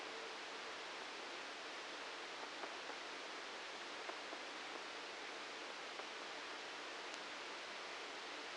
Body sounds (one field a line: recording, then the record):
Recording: brain microelectrode recording played as sound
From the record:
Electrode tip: outside the subthalamic nucleus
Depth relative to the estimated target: -6 mm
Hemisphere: right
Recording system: NeuroSet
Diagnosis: Parkinson's disease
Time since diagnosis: 9 years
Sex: male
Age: 61 years